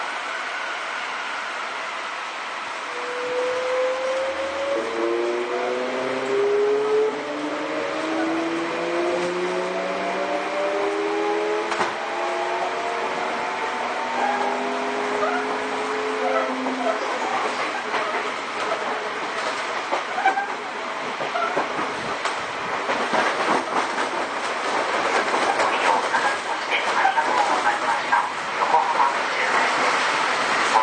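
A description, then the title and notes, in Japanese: A Sotetsu new 7000 series train pulls away, its motors giving off a set of rising whining tones that climb steadily from about three to seventeen seconds. After that the whine fades into a dense, building rattle and rumble of the running train, with scattered clicks. 相鉄新7000系 海老名〜横浜。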